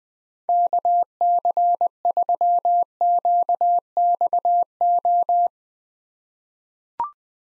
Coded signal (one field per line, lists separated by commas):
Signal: Morse code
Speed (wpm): 20 wpm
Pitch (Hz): 700 Hz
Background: none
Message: KC3QXO